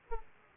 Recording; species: mosquito wingbeat signal from an infrared sensor; Aedes aegypti